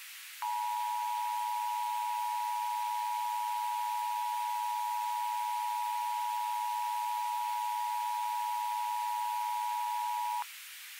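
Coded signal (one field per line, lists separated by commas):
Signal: Emergency Alert System (SAME) tones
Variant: 853 and 960 Hz attention tone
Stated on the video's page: Fictional EAS scenario, not a real alert.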